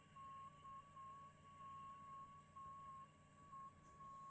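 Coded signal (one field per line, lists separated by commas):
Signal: JS8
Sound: a steady warbling tone near 1.1 kHz, shifting slightly in pitch, with short dropouts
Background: radio static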